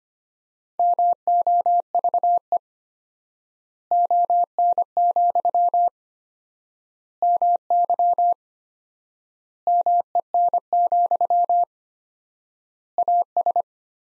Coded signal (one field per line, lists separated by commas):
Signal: Morse code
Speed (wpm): 25 wpm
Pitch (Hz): 700 Hz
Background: none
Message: MOVE ON, MY MEN, AS